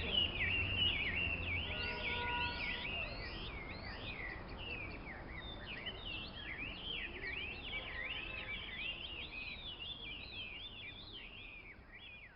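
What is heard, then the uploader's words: Caged songbirds sing in a quiet park, many voices overlapping in a dense, continuous tangle of bright chirps, warbles and rising-falling whistles. A low hum and a few steady tones sit underneath in the first seconds, and the chorus fades slightly toward the end. Dozens of caged songbirds sing in a quiet part of the Temple of Heaven Park in central Beijing, China. Caged songbirds singing.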